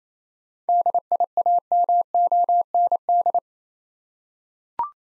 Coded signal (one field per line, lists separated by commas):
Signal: Morse code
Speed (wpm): 28 wpm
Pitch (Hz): 700 Hz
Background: none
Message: DIAMOND